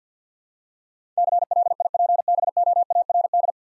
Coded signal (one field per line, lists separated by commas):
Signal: Morse code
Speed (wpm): 48 wpm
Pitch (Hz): 700 Hz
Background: none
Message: CLIPBOARD